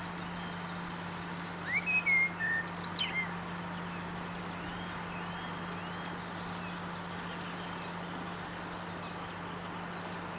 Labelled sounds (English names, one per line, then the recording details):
Common Blackbird song
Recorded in the wild
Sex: male
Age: adult
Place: Oberstdorf, Bayern, DE
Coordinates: 47.38, 10.2969
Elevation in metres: 881
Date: 1976-04-02
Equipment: Nagra IV, Sennheiser MKH 405, Parabolreflektor
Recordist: Tretzel, Erwin